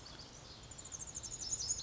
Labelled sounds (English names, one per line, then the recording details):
Pacific Wren
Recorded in Sonoma County, California